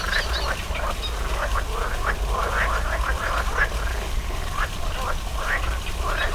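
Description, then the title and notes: Frog chorus of quick rasping croaks overlapping from many callers, steady throughout, with a deep background rumble. Frogs in a small pond at the Orto Botanico botanical garden, Bologna, Italy, 5 July 2018; frogs there croak on spring mornings; made for the Zona U sound mapping project. "05.07.18 Rane allOrto Botanico. There is also a small pond populated with frogs croaking on spring mornings. Recorded for the Zona U sound mapping project"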